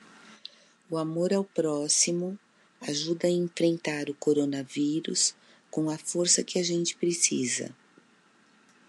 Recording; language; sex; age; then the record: spoken sentence; Brazilian Portuguese; female; 60 to 69 years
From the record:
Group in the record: control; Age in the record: 64 years